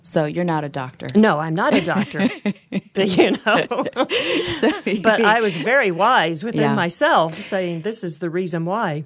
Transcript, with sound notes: So, you’re not a doctor.
No, I’m not a doctor. (laughter) But I was very wise within myself, saying, “This is the reason why.”